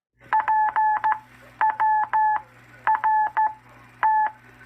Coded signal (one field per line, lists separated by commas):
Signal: Morse code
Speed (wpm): 14 wpm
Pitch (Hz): 870 Hz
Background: none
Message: PWRT